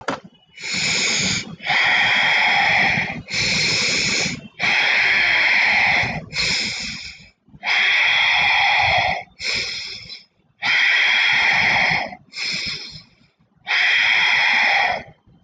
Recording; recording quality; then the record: deep breathing; excellent, no background noise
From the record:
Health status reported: healthy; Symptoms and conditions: none ticked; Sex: male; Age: 20 years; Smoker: not ticked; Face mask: worn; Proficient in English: yes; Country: India